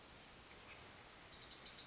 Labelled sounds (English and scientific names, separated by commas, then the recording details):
Oak Titmouse (Baeolophus inornatus)
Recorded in Sonoma County, California